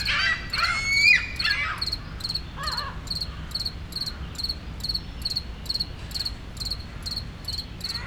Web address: Articulated Sounds - Nature in the City AMB PARK Solo Cricket, Seagulls, City Rumble, Montreal, Canada